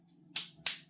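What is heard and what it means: A spring-less ring-type press jaw for a Kemax RP306-C battery pipe press is closed around a pipe, its segments clicking into place to grip it. Two sharp, bright clicks land at 0.4 s and 0.7 s over a low steady hum. The jaw seats and clamps the pipe firmly.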